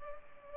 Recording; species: mosquito wingbeat signal from an infrared sensor; Culex pipiens